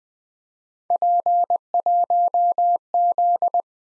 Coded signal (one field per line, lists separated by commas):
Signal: Morse code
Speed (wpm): 20 wpm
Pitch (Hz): 700 Hz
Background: none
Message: P1Z